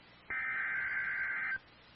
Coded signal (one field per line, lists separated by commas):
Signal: Emergency Alert System (SAME) tones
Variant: header bursts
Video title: Destructive Severe Thunderstorm Warning for Wichita, Kansas (6/17/25)